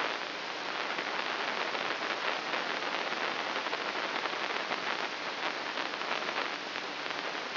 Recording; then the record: brain microelectrode recording played as sound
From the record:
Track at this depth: inside the subthalamic nucleus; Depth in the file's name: 1.1 mm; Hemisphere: left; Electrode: 3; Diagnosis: Parkinson's disease